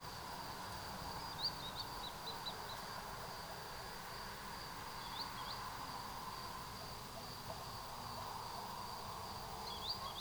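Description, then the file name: Bird call: brief high upslurred notes in short quick runs, heard three times across ten seconds over a faint, steady background hum. "pit-pit-pit" call; recorded 26 August 2017. "170826 MR 062430 02-pit-pit-pit"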